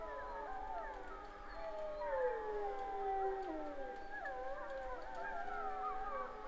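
Wolf chorus: several overlapping howls that bend, waver and slide, forming a dense tangle of tones against low background noise.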